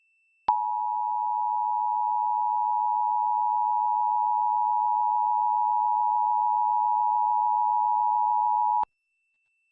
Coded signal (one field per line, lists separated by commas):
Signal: Emergency Alert System (SAME) tones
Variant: 853 and 960 Hz attention tone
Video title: Various Emergency Alert System (EAS) Tests - September 21-27, 2021